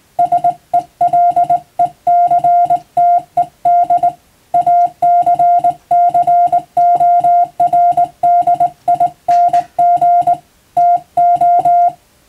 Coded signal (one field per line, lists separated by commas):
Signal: Morse code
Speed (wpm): 20 wpm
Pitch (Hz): 700 Hz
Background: music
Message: SELECTED ACCORDING TO